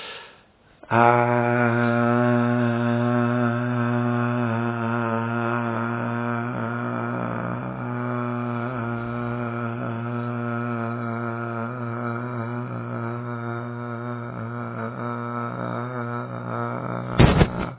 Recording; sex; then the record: sustained vowel /a/; male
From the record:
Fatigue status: no fatigue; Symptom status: symptomatic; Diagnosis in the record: COVID-19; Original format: 3gp